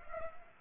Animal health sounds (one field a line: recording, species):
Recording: mosquito wingbeat signal from an infrared sensor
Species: Aedes aegypti